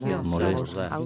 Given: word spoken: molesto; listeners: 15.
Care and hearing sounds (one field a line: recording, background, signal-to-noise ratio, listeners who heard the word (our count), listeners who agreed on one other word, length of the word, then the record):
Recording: one Spanish word in noise, from a listening test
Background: four-talker babble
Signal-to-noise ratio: 0.8 dB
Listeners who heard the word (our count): 0 of 15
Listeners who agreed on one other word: 9 of 15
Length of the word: 0.66 s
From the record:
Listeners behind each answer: 9, 3, 2, 1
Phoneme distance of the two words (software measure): 17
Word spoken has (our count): 3 syllables, 7 phonemes, stress on syllable 2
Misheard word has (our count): 3 syllables, 8 phonemes, stress on syllable 3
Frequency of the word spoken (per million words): 9.65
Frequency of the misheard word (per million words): 5.23